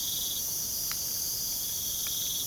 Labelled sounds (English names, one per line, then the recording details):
none
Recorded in pastures near Puerto Asís, Putumayo, Colombia, on 25 June 2025 at 02:00
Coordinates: 0.497, -76.327
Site G040